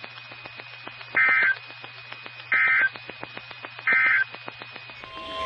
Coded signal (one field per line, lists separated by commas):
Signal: Emergency Alert System (SAME) tones